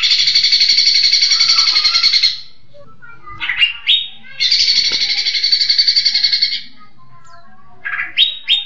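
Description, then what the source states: Leafbird song: two long buzzy rattling trills, each followed by a few rising, slurred whistled notes. Song in the tembakan style, named as cililinan.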